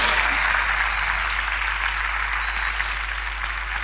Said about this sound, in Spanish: Ahora sí, nos damos un aplauso por inteligente. ¡Aleluya!